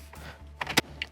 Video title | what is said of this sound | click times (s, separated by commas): 2013-2020 Ford Fusion 4" to 8" Sync 3 Touchscreen Upgrade - Infotainment.com | all right now with your radial bezel and climate control cluster snapped back in | 0.6 s, 0.8 s, 1.0 s